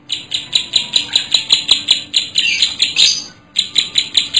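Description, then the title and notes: Bar-winged prinia singing a quick series of high, clipped, buzzy notes, with a short tangled burst and a pause before the series resumes. Adults and young birds, described as singing vigorously. "Kicau Ciblek. putri sherin. suara burung ciblek gacor dan anakan"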